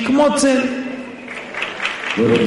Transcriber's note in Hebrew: הקהל מוחא כפים